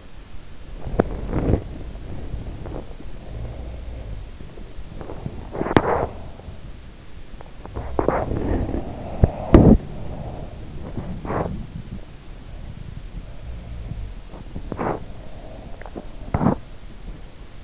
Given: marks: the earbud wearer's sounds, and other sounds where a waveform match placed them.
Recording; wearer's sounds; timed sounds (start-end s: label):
sounds in sleep by an in-ear microphone; body movement
0.00-17.64 s: body movement